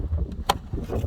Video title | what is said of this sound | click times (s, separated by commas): Dodge Grand Caravan - FUSE BOX / TIPM TOTALLY INTEGRATED POWER MODULE REPLACEMENT (2008 - 2020) | just like that to unlock it and then just pull it up and disconnect it okay so | 0.5 s